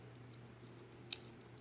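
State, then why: Seated. A metal 0.15-ohm replacement coil (rated 60 to 90 watts, best at 70 to 80) is turned backwards in the base of an Archer tank from the BOHR Chaser Kit 21700, against a faint steady low hum. At 1.1 s a single sharp click is heard as the coil thread drops into its start position, showing it is threaded correctly before being screwed tight, which prevents leaking. The coil is seated.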